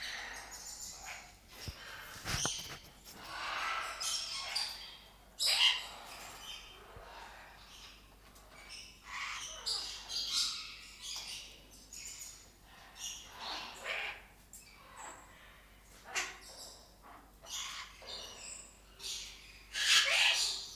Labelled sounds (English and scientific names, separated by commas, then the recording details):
Blue-winged Macaw (Primolius maracana) call
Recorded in captivity
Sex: group
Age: adult
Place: Zoo Berlin, Berlin, DE
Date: 1997-11-22 11:31
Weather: overcast, ca.1°C
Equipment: Nagra SN, Kopie Uher 4000 Report Monitor
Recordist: Tembrock, Günter